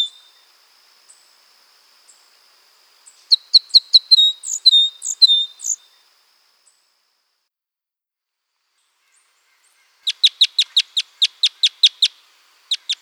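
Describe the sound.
Red crossbill calls, a short burst of high chirping notes, a quiet pause, then a quick run of about a dozen sharp, clipped notes repeated at an even pace.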